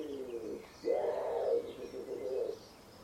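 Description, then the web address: Common wood pigeon cooing: soft, low hooting notes in a short rhythmic phrase over steady background noise. "cianscape. Deverinetal. Bird Only"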